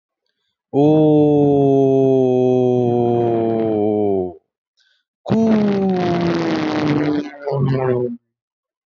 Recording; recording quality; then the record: sustained vowel as in boot; excellent, no background noise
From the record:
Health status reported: healthy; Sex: male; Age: 27 years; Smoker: yes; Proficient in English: yes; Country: India